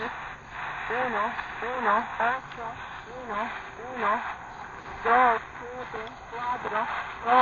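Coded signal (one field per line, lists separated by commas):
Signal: numbers station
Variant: Cuban station, Spanish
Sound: about a dozen short, evenly spaced spoken number-like syllables through shortwave static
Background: radio static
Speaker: This is out of Cuba. So somewhere in North America, maybe it's in someone's basement, or it could be in, you know, just outside like this, with some headphones. There's someone listening to this, copying the message down right now.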